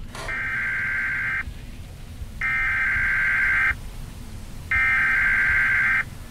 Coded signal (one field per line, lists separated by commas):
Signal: Emergency Alert System (SAME) tones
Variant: header bursts